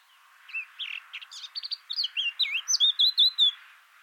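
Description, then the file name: Eurasian blackcap song: a quiet, scratchy warble that grows louder and ends in a run of clear, whistled fluty notes. "Sylvia atricapilla"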